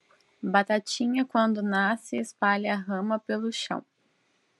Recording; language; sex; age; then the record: short text; Brazilian Portuguese; female; 30 to 39 years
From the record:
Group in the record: control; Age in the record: 37 years